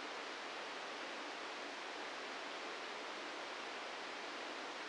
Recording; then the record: brain microelectrode recording played as sound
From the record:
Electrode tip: outside the subthalamic nucleus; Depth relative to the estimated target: 4 mm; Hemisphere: right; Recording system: NeuroSet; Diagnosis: Parkinson's disease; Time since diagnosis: 9 years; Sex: male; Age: 61 years